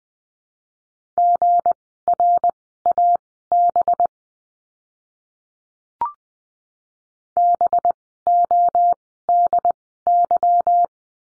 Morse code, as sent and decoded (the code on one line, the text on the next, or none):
--. .-. .- -... / -... --- -.. -.--
GRAB BODY